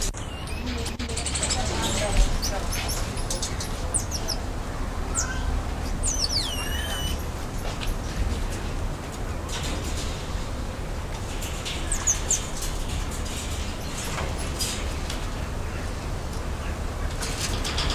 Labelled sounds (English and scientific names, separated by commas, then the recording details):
Goeldi's Marmoset (Callimico goeldii) call
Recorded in captivity
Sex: group
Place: Zoo Münster, Nordrhein-Westfalen, DE
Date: 1991-09-24 16:08
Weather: schwül, 22-24°C
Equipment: Marantz CP 430, Sennheiser ME 80, K 30 AV, Kopie Tesla B 116
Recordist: Tembrock, Günter